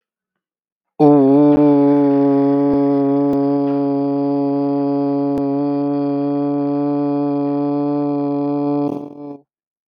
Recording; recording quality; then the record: sustained vowel as in boot; excellent, no background noise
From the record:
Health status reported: exposed to COVID-19, no respiratory illness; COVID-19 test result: negative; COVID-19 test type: RT-PCR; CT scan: not taken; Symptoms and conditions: sore throat, asthma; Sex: male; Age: 37 years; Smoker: no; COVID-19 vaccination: both doses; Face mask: worn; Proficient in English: no